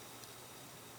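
A plastic LEGO element is being handled and pressed toward a hole in a LEGO Creator Expert Transformers Optimus Prime 10302 model. Only a steady, even hiss is heard, with a faint soft bump around 0.2 s. Nothing has seated or clicked yet.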